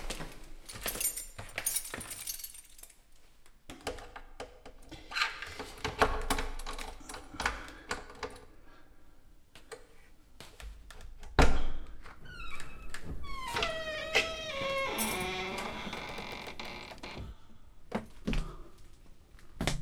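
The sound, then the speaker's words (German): Metallic clicks and scrapes of a key working the lock of the door of number 10 on Rue Payen, followed by a heavy thunk and the creaking, sliding movement of the door swinging open, with a rising squeal near the end. “Ich zog den Schlüssel von Nummer 10 heraus, den ich bei meinem K.O. mitgenommen hatte, und öffnete.”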